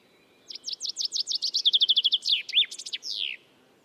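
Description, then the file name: Common chaffinch singing a cascading phrase of quick downslurred notes that tumble into a rattling trill and finish with a slurred, descending flourish. "Fringilla coelebs"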